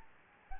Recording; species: mosquito wingbeat signal from an infrared sensor; Anopheles gambiae